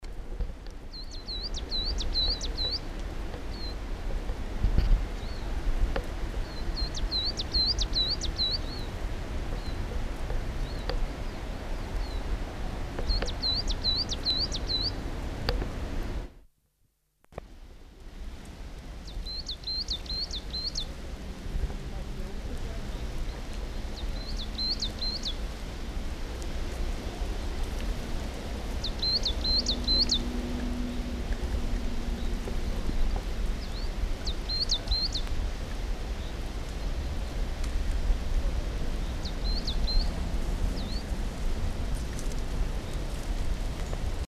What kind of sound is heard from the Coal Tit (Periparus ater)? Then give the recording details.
song. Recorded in the wild. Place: Oberstdorf, Bayern, DE. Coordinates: 47.415, 10.2603. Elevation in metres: 861. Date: 1980-04-06. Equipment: Uher 4000 Report. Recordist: Tretzel, Erwin. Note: Ostersonntag, Hotel Adula, Oberstdorf: Gesang